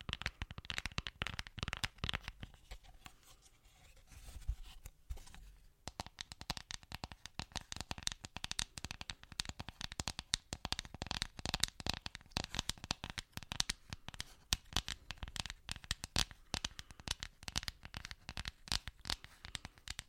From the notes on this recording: one trigger only tapping (Holz, Glas, etc.)